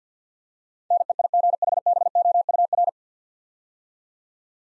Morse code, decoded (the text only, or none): NEIGHBOUR